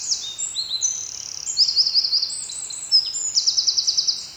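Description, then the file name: Eurasian wren song, a continuous stream of piercing high twitters punctuated by quick buzzy trills, carrying on throughout. "Troglodytes troglodytes"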